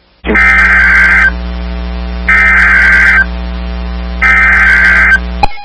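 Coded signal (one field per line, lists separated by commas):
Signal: Emergency Alert System (SAME) tones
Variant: header bursts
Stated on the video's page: Severe storm alerts from NOAA weather radio stations in Illinois, Indiana, Texas and Florida.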